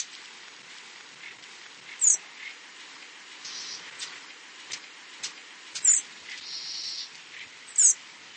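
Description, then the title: Bird calls: a few high, sharp whistled notes near the top of the range, with scattered soft clicks and a short buzzy burst between them. "LuckyPassaro Completos2Sama"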